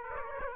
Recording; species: mosquito wingbeat signal from an infrared sensor; Aedes aegypti